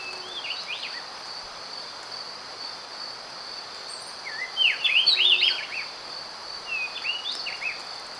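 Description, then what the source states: Speckle-breasted wren song, a short burst of quick whistled slurred notes midway, with scattered fainter phrases over a steady high insect drone. Recorded in Ecuador.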